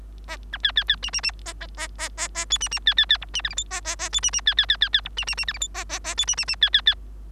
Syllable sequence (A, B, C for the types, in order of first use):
A B C C C D D D A A A A A A E D D C C C F D G H I A A A E D D C C C C C F D D D G H I A A A E D D D C C C